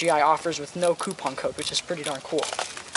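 Someone talks throughout while a magazine is handled for loading into the magazine well of a G&G Combat Machine M4-style blowback airsoft rifle, with a brief sharp sound right at the end, around 2.9 s. The magazine has not seated yet; nothing has clicked into place.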